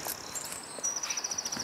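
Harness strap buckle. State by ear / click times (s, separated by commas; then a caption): not seated / none. A harness strap buckle is being handled and fastened, with light ticking and small clicks over a steady high-pitched hiss. Nothing has seated or clicked home yet; the clip ends just before the buckle locks.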